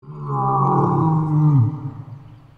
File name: Löwin